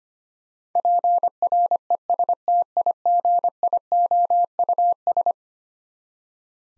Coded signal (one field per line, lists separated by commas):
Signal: Morse code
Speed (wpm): 25 wpm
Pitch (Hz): 700 Hz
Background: none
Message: PRESTIGIOUS